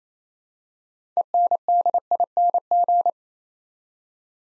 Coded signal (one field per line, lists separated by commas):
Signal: Morse code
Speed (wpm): 27 wpm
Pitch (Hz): 700 Hz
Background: none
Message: ENDING